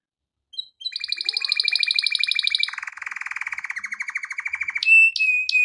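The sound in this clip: Canary song, a steady buzzy trill that drops into a lower rolling tour, then clear whistled notes with sharp chips at the end.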